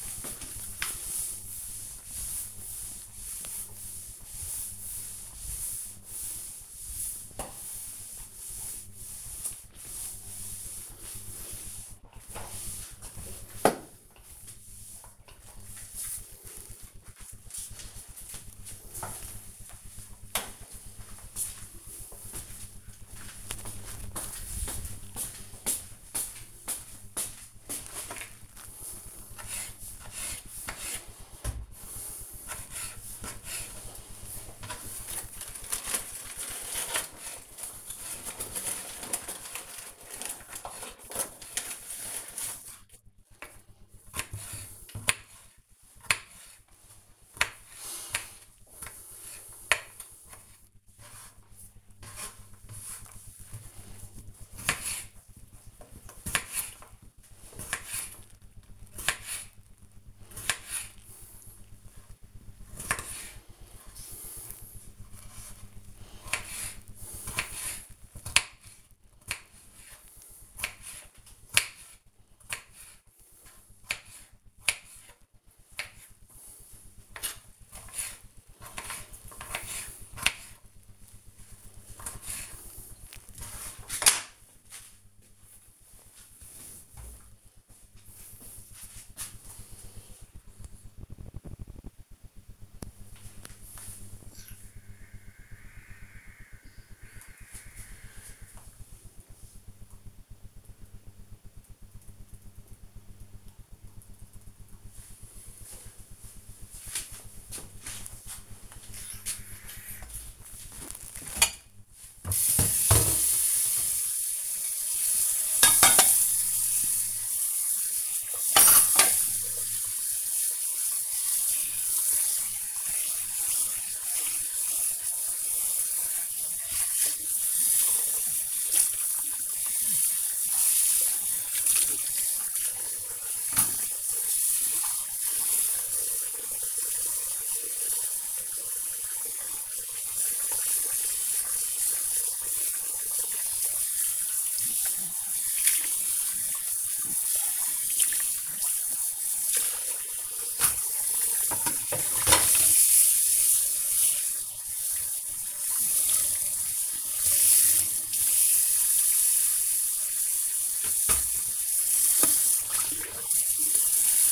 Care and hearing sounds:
household activities, microphone on the right wrist
0.00-16.14 s: floor cleaning
28.24-83.68 s: cutting vegetables
111.87-164.32 s: washing dishes

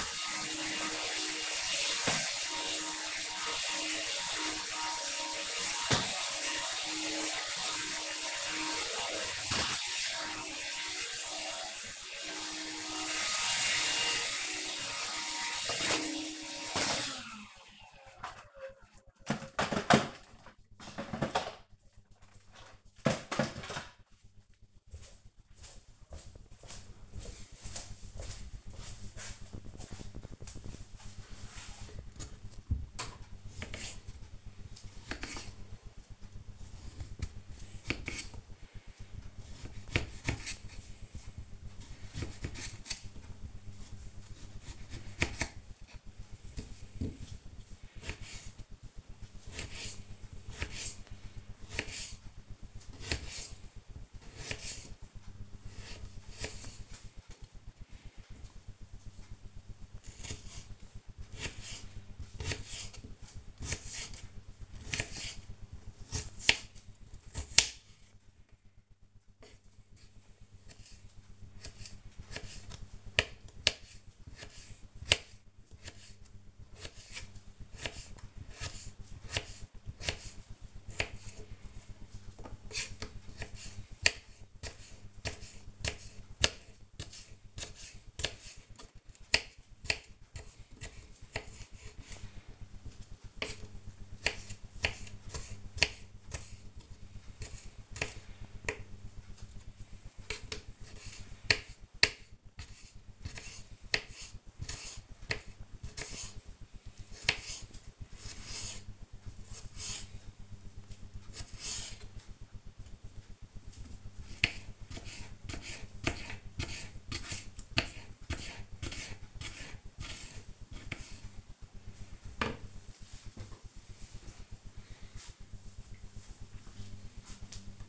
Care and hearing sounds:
household activities, microphone on the right wrist
0.00-16.71 s: vacuum cleaning
32.82-122.42 s: cutting vegetables

